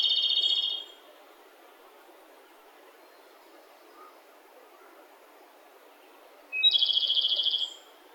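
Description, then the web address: Japanese robin singing: the tail of one rattling trill, a long pause with faint hiss, then a fresh phrase with a bright lead-in note and rapid rolling trill. "yacho koe komadori"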